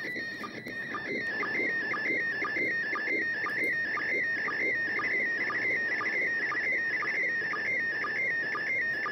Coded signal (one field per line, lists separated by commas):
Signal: SSTV (slow-scan television)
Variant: PD 120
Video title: Today's SSTV Picture from Goonhilly Earth Station